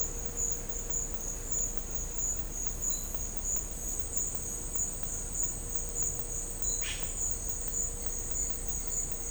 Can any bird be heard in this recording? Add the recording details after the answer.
yes. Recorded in dense forest near Puerto Asís, Putumayo, Colombia, on 22 December 2024 at 10:30. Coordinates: 0.500, -76.322. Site G053